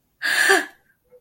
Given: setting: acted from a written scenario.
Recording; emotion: vocal sound without words; positive surprise